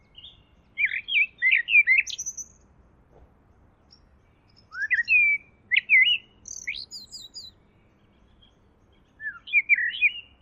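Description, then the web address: A bird sings in three separate bursts of rapid, twittering whistles that jump between high and mid pitches, with silent gaps of a few seconds between them. "Deverinetal. Bird Only"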